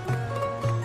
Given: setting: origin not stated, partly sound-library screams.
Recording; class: one-second piece from a danger detection set; normal situation